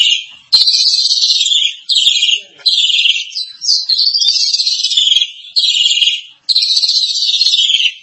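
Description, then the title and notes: Starling song in repeated harsh, buzzy bursts separated by brief pauses, with some sliding notes. "suara burung jalak"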